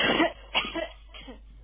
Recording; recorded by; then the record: voluntary cough; telephone call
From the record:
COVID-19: positive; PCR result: self-reported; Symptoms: no